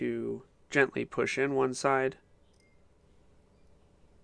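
Someone talks while a metal screen insert is being pushed into one side of a small wooden vaporizer body, followed by near-silence. The insert is handled but not yet home; nothing has seated or clicked yet.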